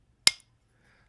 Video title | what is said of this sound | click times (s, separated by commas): 🍋 There's Lemon...Then There's YUZU - Caron - Yuzu Man | Nice snappy cap as you can hear. | 0.3 s